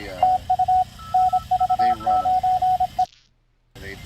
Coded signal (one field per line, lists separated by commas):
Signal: Morse code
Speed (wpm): 28 wpm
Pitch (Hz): 780 Hz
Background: speech, radio noise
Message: TU NV9E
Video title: Ham Nation: Bob Is Here! Portable Ops Challenge, Portable Radio Power & 3d Printing!